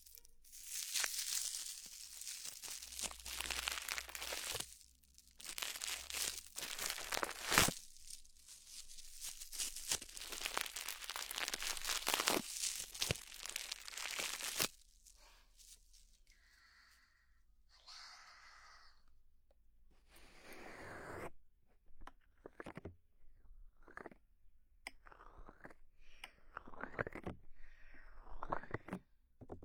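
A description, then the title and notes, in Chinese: Foam wrap is rubbed and crumpled, giving a dense, bright crinkling that runs almost nonstop for the first fifteen seconds, with brief pauses around five and seven seconds. After that it turns sparse and softer: scattered crackles, short swishes and a louder rustle near twenty seconds. 泡沫保鲜膜揉耳 耳边碎碎念。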